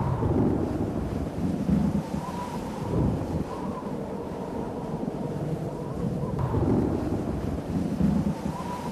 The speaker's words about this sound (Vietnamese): Cuối canh ba, tự nhiên gió rừng nổi lên đùng đùng, lá cây, cát bụi bay mù, nước sông Hắc đang phẳng lặng, chợt nổi ba đào cuồn cuộn.